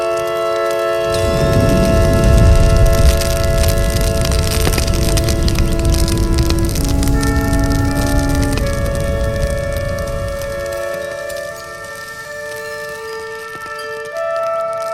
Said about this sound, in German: Menschenskind, was für ein riesiges Lagerfeuer.